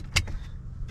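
A sharp click at 0.2 s as the support leg of an ISOFIX child car seat base from Cybex is released, followed by a fainter click and low background rumble. The support leg is released.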